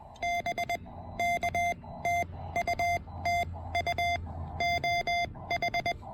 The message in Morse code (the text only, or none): BK TU TU OH